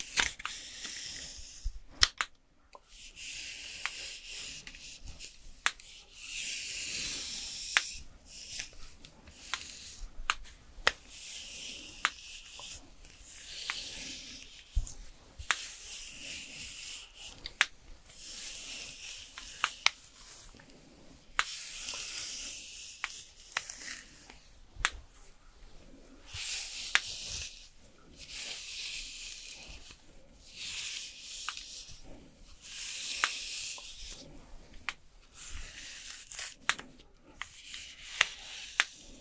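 Makeup and hair styling sounds: repeated soft brushing and rubbing strokes that come in bursts every second or two, hissy and bright. Sharp little clicks and taps land throughout, like items being picked up and set down, with quiet pauses between strokes.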